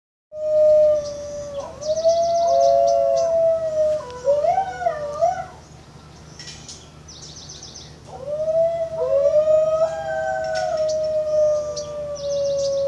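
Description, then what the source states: New Guinea singing dogs howling in overlapping tonal wails that slide upward and waver, with bursts of high, buzzy chirping trills above them. Several New Guinea singing dogs vocalizing.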